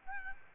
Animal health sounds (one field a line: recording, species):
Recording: mosquito wingbeat signal from an infrared sensor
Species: Aedes albopictus